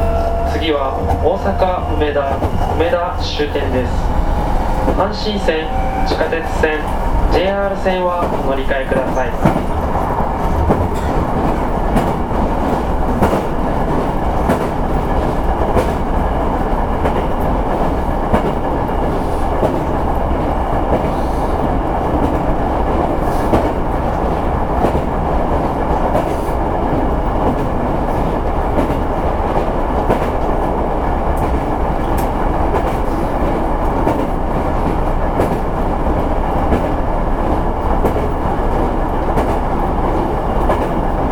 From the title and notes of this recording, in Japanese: 阪急電車の9000系の走行音です。神戸線特急西宮北口から梅田にて収録しました。